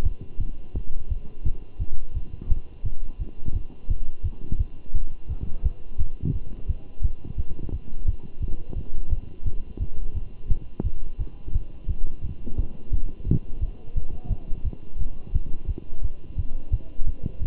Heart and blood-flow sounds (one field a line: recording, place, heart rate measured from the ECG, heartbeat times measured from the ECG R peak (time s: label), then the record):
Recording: heart sounds by stethoscope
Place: between the tricuspid and mitral areas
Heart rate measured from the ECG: 173 bpm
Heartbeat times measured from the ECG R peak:
0.04 s: heartbeat
0.39 s: heartbeat
0.74 s: heartbeat
1.09 s: heartbeat
1.44 s: heartbeat
1.79 s: heartbeat
2.15 s: heartbeat
2.49 s: heartbeat
2.84 s: heartbeat
3.19 s: heartbeat
3.54 s: heartbeat
3.88 s: heartbeat
4.23 s: heartbeat
4.58 s: heartbeat
4.93 s: heartbeat
5.29 s: heartbeat
5.63 s: heartbeat
5.98 s: heartbeat
6.33 s: heartbeat
6.68 s: heartbeat
7.02 s: heartbeat
7.37 s: heartbeat
7.72 s: heartbeat
8.06 s: heartbeat
8.41 s: heartbeat
8.76 s: heartbeat
9.10 s: heartbeat
9.45 s: heartbeat
9.80 s: heartbeat
10.15 s: heartbeat
10.49 s: heartbeat
10.84 s: heartbeat
11.19 s: heartbeat
11.53 s: heartbeat
11.88 s: heartbeat
12.22 s: heartbeat
12.57 s: heartbeat
12.91 s: heartbeat
13.26 s: heartbeat
13.61 s: heartbeat
13.95 s: heartbeat
14.30 s: heartbeat
14.64 s: heartbeat
14.99 s: heartbeat
15.33 s: heartbeat
15.68 s: heartbeat
16.02 s: heartbeat
16.37 s: heartbeat
16.71 s: heartbeat
17.06 s: heartbeat
17.41 s: heartbeat
From the record:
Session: Bruce protocol treadmill stress test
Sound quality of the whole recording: good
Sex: male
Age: 23 years